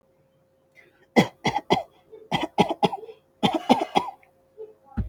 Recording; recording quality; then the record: shallow voluntary cough; excellent, no background noise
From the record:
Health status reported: healthy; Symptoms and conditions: none ticked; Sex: male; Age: 32 years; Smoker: not ticked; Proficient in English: no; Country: India